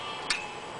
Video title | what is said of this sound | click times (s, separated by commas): Triple Threat PedalChopper | hear that click | 0.3 s